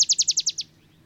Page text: Birdsong for the Curious Naturalist. songs Olive Sparrow. Recording early morning just 50 miles north of the Mexican border in Texas